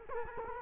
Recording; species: mosquito wingbeat signal from an infrared sensor; Culex quinquefasciatus